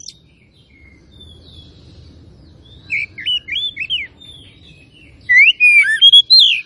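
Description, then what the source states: Oriental magpie-robin quiet at first, then bursts into slurred whistled notes and a bright, warbling final phrase. Kacer of the Tretes type, described as gacor (singing vigorously).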